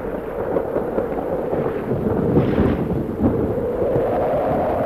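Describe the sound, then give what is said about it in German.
A heavy thunderstorm with hail roars steadily, with deep rumbling thunder swelling midway over a constant dense hiss of pouring rain and hail. No voices are heard. “Der Sturm nimmt überhand. Gehabt euch wohl! Es hagelt schwer!”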